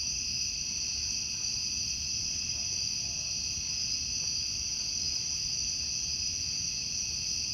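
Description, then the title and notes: Cicadas in a dense chorus: a steady, high, shimmering buzz that holds without a break, over a low background rumble. Outdoor summer recording of cicadas. "Ext Cicadas, Car Driving By, Summer by Bandeto"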